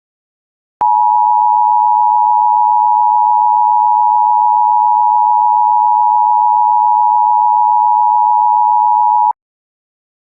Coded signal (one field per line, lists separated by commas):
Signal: Emergency Alert System (SAME) tones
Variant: 853 and 960 Hz attention tone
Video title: Angry EAS (Censored)